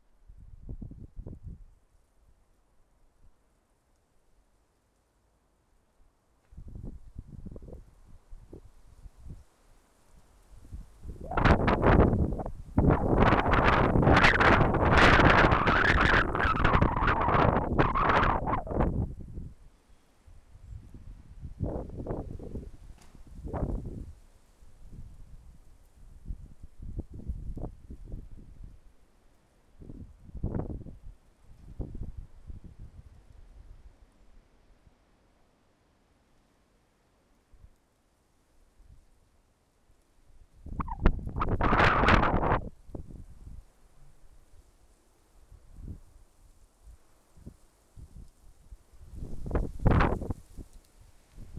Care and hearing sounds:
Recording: everyday scene through a hearing-aid microphone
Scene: wind on the microphone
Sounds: wind, traffic, birds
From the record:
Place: suburban garden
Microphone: behind the ear, left, rear

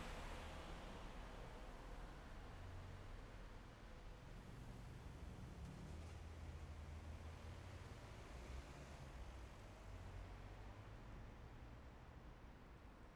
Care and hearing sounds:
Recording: everyday scene through a hearing-aid microphone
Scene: in traffic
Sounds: traffic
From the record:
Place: main city hub, rush hour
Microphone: behind the ear, left, front

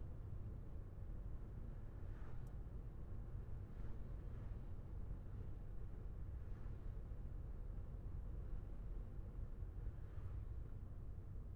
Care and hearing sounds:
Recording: everyday scene through a hearing-aid microphone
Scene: in a vehicle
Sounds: engine, traffic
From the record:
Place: Skoda Fabia, gasoline engine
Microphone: behind the ear, left, front

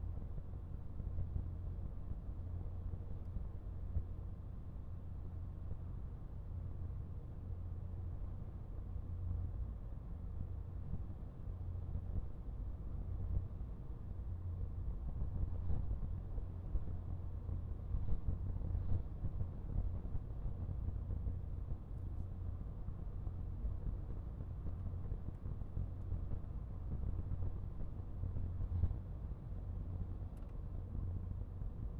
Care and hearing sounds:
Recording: everyday scene through a hearing-aid microphone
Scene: in a vehicle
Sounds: engine, highway driving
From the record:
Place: Skoda Fabia, gasoline engine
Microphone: behind the ear, right, front

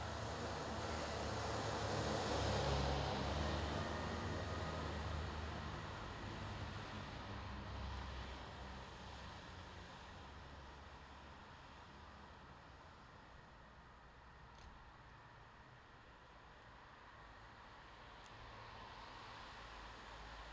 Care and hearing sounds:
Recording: everyday scene through a hearing-aid microphone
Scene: in traffic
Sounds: traffic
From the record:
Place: bus stop on a city main road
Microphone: in the ear canal, left

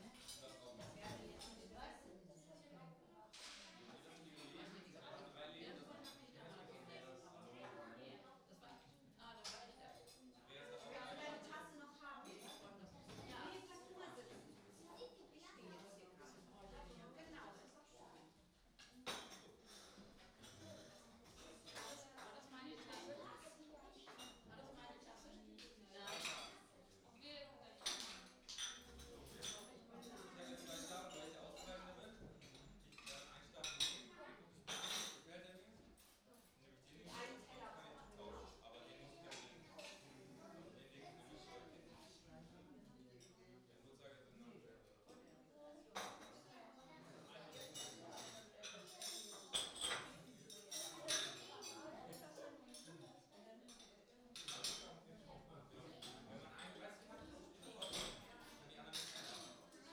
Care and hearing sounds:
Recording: everyday scene through a hearing-aid microphone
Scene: many people talking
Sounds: many voices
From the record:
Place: parish hall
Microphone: in the ear canal, right

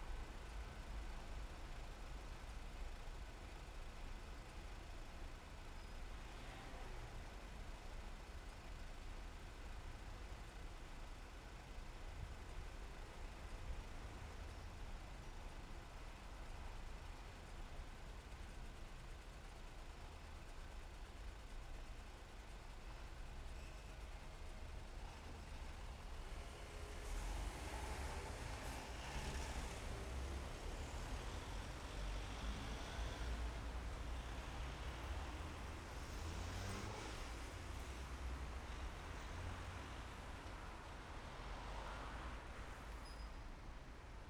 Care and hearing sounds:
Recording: everyday scene through a hearing-aid microphone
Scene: in traffic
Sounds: traffic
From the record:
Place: main city hub, rush hour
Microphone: behind the ear, left, front

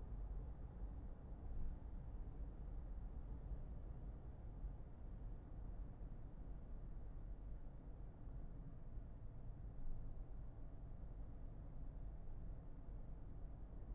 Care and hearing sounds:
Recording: everyday scene through a hearing-aid microphone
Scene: in a vehicle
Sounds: engine, highway driving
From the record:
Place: Berlingo II, diesel engine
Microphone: behind the ear, left, rear

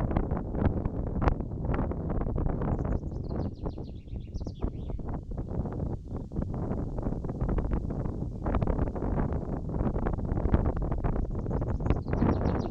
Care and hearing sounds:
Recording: everyday scene through a hearing-aid microphone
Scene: wind on the microphone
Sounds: wind, birds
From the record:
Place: in front of a rural house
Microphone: in the ear canal, right

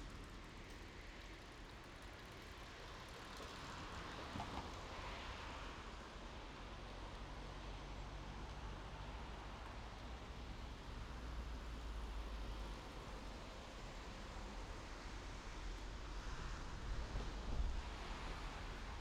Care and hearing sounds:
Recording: everyday scene through a hearing-aid microphone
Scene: in traffic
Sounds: traffic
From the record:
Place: main road on the outskirts, rush hour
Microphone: in the ear canal, left

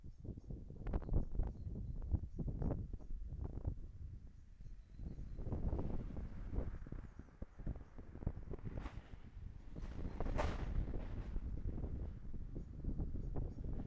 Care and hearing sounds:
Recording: everyday scene through a hearing-aid microphone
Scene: wind on the microphone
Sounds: wind, traffic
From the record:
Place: in front of a rural house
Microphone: behind the ear, right, rear

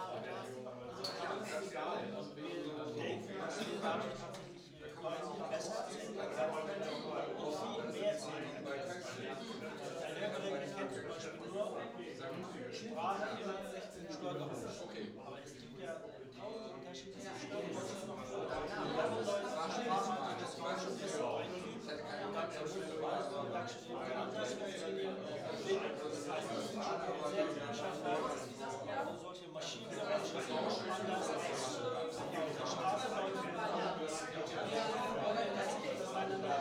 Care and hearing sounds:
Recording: everyday scene through a hearing-aid microphone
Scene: many people talking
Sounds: many voices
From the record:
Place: bistro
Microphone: in the ear canal, right

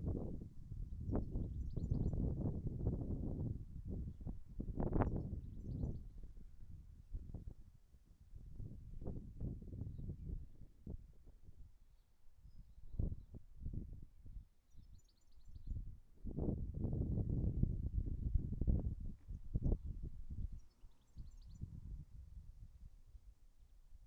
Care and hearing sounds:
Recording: everyday scene through a hearing-aid microphone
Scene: wind on the microphone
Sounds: wind, birds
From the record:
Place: in front of a rural house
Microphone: behind the ear, right, front

